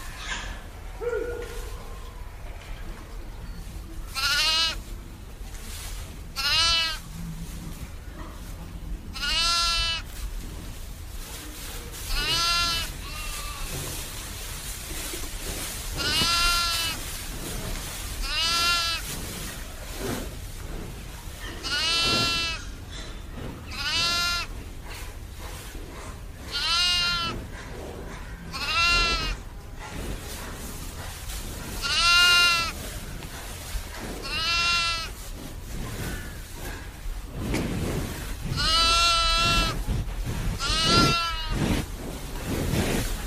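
Farm animals, mostly sheep or goats, bleat over and over, each call a short wavering cry that comes every few seconds, sometimes in quick clusters. The calls sound fairly close, with a steady low rumble and faint rustling underneath throughout.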